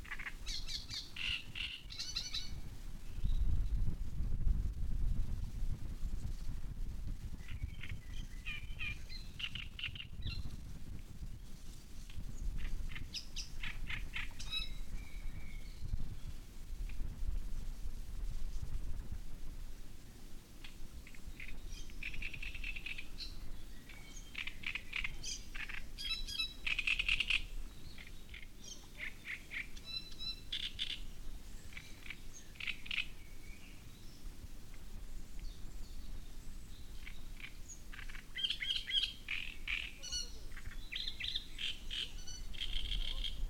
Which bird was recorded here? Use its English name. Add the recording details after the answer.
Great Reed Warbler. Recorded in the wild. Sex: male. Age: adult. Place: Müggelsee, Berlin, DE. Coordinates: 52.43, 13.64. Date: 1990-05-19. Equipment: Uher 4400 Report Monitor, Sennheiser ME 80, K 30 AV. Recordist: Fischer, Stefan. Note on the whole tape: Tier 1635: Wechselsingen mit Tier 1653 - sehr gut